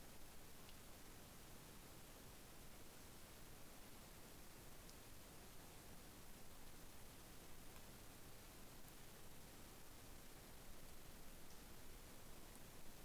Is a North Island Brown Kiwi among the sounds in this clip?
no